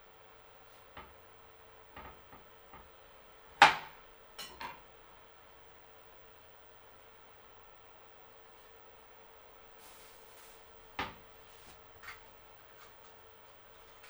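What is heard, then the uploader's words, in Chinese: Cooking sounds over a steady, even hum that holds a few fixed tones throughout. Sharp knocks and clatters like utensils or a cupboard door come in a cluster early, loudest near four seconds, then a long quiet stretch before two more around eleven and twelve seconds. 做饭给你听。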